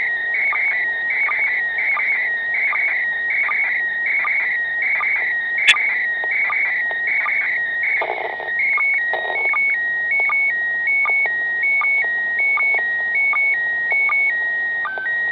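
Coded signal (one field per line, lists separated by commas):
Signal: SSTV (slow-scan television)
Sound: warbling high tones broken by regular short low blips, over hiss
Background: radio static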